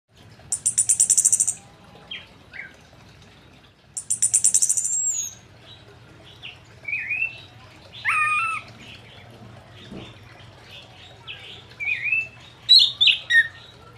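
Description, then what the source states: Orange-headed thrush singing varied whistled and warbled phrases, interrupted twice by a loud high buzzy rattle, with sharp chirps near the end. Singing loudly and continuously, song style called "gacor ngeplong".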